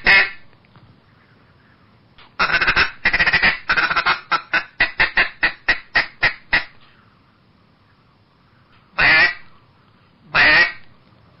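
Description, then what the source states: Eastern Spot-billed Duck: one harsh quack, then a fast run of many quacks, then two single quacks spaced apart. At Baiyangdian; the duck is nicknamed 水上漂, 'water-skimmer', for its skill on the water.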